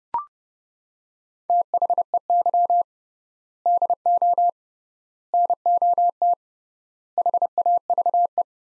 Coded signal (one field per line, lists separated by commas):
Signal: Morse code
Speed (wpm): 30 wpm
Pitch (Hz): 700 Hz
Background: none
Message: THEY DO NOT HAVE